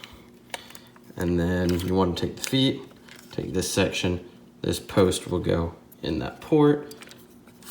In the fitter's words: this down until it clicks back